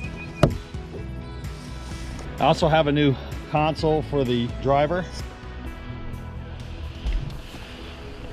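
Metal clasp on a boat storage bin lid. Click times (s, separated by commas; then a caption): 0.4 s. A metal tie-down clasp on the lid of a storage bin on a Lowe Stinger 198 boat is pressed closed and snaps into place with a single sharp click at 0.4 s. Afterward, someone talks over quiet background music, and the clasp is left seated.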